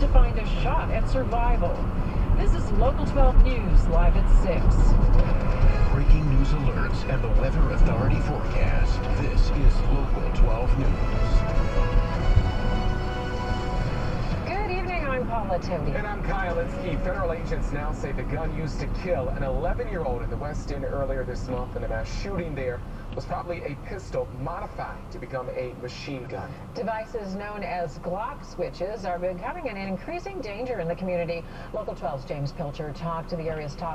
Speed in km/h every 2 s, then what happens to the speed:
63, 63, 61, 61, 61, 58, 56, 52, 44, 34, 23, 11, 0, 0, 0, 0, 0.
0-8 steady at about 61. 8-24 brakes to 0. 24-34 standing.